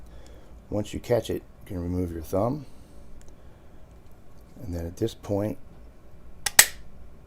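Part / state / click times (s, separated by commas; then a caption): magazine base plate onto the magazine tube / seated / 6.5 s, 6.6 s. Someone talks while sliding a magazine base plate over the depressed insert onto a Glock 17 Gen 5 magazine tube. It is pushed on until it snaps in place with two loud clicks at 6.5 and 6.6 seconds, and the retaining pin pops back up, so the base plate is seated.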